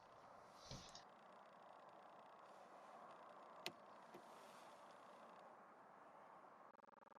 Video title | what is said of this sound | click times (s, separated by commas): 5 Hidden Mercedes functions, tricks & features - Vol 4 | until it clicks into place. | 3.7 s